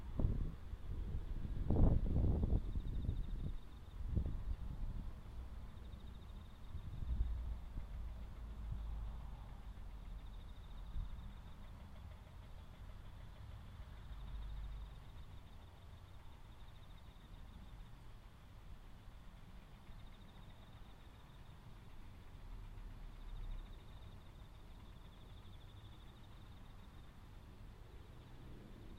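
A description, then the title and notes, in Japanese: Crickets and other autumn insects trill faintly and steadily throughout, a thin high band. During the first eight seconds there are low thumps and rustling from handling. After that the scene settles into soft wind rumble under the insects. 環境音 風音あり サツマイモ除草とツル上げ。ツル上げ(地面に触れた茎から根が出てしまうので、一旦はがす作業)をしながら、葉の間から伸びている草を、カマ刈っていきます。畝を行ったり来たり、音が入っていない間も遠くでずっと作業しています。コオロギなど秋虫鳴いています。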